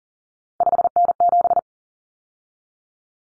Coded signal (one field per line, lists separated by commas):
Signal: Morse code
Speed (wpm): 40 wpm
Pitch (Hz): 700 Hz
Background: none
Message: 5N7